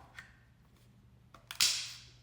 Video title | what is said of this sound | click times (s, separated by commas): Watch What Happens When I Use This Dirt Devil On Dog Stains! | Clicks into place, pretty simple. | 1.6 s